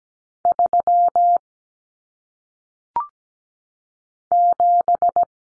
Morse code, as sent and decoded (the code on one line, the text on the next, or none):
...-- / --...
3 7